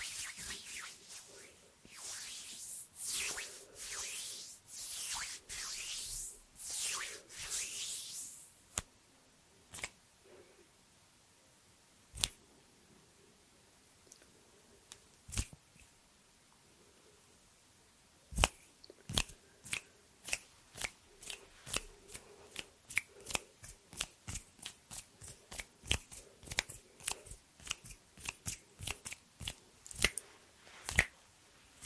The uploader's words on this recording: ASMR Hand sounds No talking.